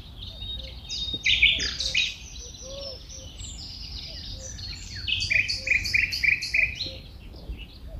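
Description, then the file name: Common nightingale song with varied phrases: loud bursts, then a run of rapidly repeated sharp notes, with soft low notes in the background. Recorded at Engelermeer, Netherlands. "Nightingale Nl Engelermeer"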